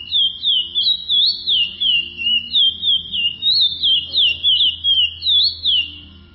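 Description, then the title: Chestnut-bellied seed finch song: a continuous run of clear, warbling whistles sliding up and down, about three notes per second. "Canto De Curio"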